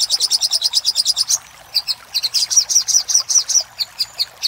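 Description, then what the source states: Little spiderhunter song: a fast, even trill of piercing high notes, a short pause, then a slower series of sharp chips. Master recording for training cage birds; Indonesian name sogok ontong, labelled labaik.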